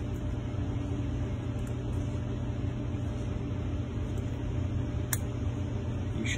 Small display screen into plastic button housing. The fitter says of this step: should hear click just like that that's the sides clicking back in